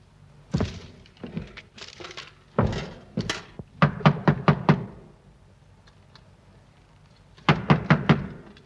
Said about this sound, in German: Aber wir müssen sie herausklopfen, wenn wir einen Führer haben wollen. Klopfen, das ist ein natürlicher Lärm, Dummkopf. Da kann sich eine Kuh an die Stallwand wälzen.